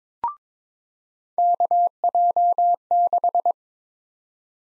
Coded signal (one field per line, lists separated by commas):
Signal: Morse code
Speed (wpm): 22 wpm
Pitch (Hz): 700 Hz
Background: none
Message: KJ6